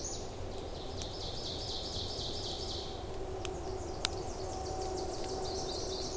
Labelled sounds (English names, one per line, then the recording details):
Ovenbird song
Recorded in boreal forest in Alberta, Canada, on 26 May 2016 at 07:15
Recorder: SongMeter 3, array SBT-3-15
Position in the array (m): 25 m, 277 m
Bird 20